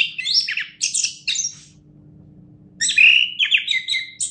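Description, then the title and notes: Orange-headed thrush song in two bursts of squeaky, scratchy notes separated by a quiet pause of about a second, one clear rising whistle, and low hum beneath. Orange-headed thrush singing, described as a national champion songbird. "Anis Kembang Juara Nasional. kicau anis kembang"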